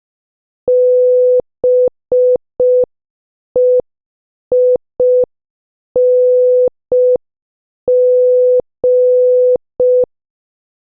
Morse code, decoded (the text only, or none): BEING